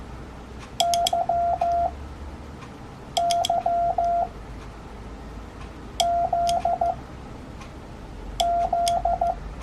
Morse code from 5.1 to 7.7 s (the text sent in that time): Z